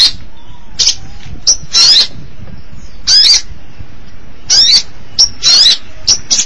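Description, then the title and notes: Long-tailed Shrike song: loud harsh rasping bursts alternating with short sharp notes, repeated irregularly. Recorded March 2017. "Pentet 201703. Suara burung pentet"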